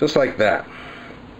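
The metal twist-lock heat-management top piece of a BroHood Phoenix hookah bowl combo is being handled and twisted toward locking onto the hookah bowl while someone talks over a low steady background hum. Nothing has seated or clicked yet; the top piece is not yet locked in place.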